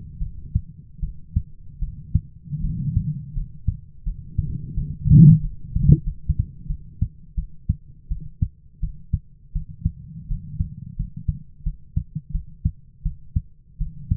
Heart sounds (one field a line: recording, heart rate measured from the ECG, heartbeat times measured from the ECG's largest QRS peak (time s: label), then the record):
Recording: heart sounds by stethoscope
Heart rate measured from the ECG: 84 bpm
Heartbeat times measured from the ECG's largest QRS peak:
0.19 s: heartbeat
1.01 s: heartbeat
1.80 s: heartbeat
2.62 s: heartbeat
3.34 s: heartbeat
4.04 s: heartbeat
4.75 s: heartbeat
5.41 s: heartbeat
6.04 s: heartbeat
6.68 s: heartbeat
7.36 s: heartbeat
8.09 s: heartbeat
8.81 s: heartbeat
9.53 s: heartbeat
10.28 s: heartbeat
10.96 s: heartbeat
11.64 s: heartbeat
12.32 s: heartbeat
13.03 s: heartbeat
13.78 s: heartbeat
From the record:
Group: healthy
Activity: rest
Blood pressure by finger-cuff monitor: 129/76 mmHg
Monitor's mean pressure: 99 mmHg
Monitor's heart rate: 84 bpm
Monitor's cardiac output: 8 L/min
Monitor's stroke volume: 97 mL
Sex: female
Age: 22 years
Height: 161 cm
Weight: 65.5 kg